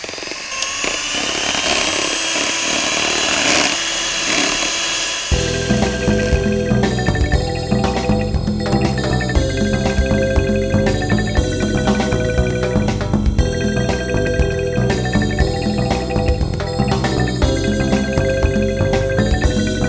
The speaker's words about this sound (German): Ich möchte den Milchshake lieber mit dem elektrischen Rührgerät machen. Tja, ich auch. Also los!